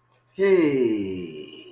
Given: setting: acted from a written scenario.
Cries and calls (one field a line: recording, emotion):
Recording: vocal sound without words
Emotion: triumph